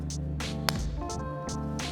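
A CR2032 coin cell is pressed plus side down into the battery holder of a McLaren car key fob, under the metal contact, over steady background music. A single sharp, small click at 0.7 s marks the battery snapping into place, and it is confirmed seated and good, with the contact touching the battery and not loose.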